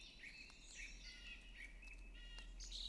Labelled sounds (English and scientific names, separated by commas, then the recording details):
Song Thrush (Turdus philomelos)
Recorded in Germany
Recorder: ecoPi